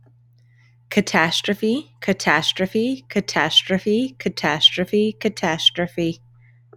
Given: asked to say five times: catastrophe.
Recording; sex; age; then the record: repeated word; female; 30 to 39 years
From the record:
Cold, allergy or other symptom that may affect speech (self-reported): no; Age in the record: 36 years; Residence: New Jersey, United States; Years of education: 16